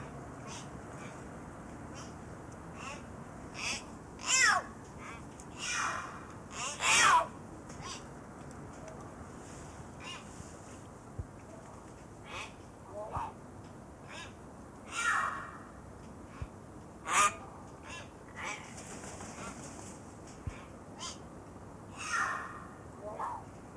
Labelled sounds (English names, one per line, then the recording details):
Common Hill Myna call
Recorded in captivity
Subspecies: intermedia
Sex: group
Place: Zoo Halle, Sachsen-Anhalt, DE
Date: 2004-12-14 12:30
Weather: sunny, 2°C
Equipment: Sony WM-D6C, Sennheiser ME 80, Kopie Uher 4000 Report Monitor
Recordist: Tembrock, Günter